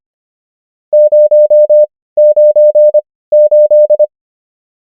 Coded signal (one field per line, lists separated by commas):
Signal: Morse code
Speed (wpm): 25 wpm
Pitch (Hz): 600 Hz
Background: none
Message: 0 9 8